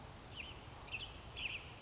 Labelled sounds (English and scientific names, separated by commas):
Western Tanager (Piranga ludoviciana)